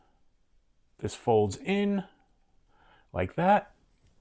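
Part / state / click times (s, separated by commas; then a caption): folding tool arm locking into a multitool frame via liner lock / not seated / none. A tool arm on a Roktol Gen-R Lite metal multitool is handled, with the arm meant to lock open under the frame's liner lock, while someone talks. Nothing has seated or clicked yet in this clip.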